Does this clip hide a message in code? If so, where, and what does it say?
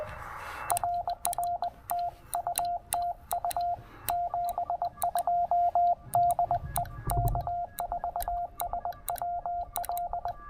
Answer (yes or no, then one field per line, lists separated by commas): yes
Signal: Morse code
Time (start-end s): 0.7-10.3 s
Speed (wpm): 21 wpm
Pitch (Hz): 690 Hz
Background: none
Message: RR TU TU 72 DE K4SWL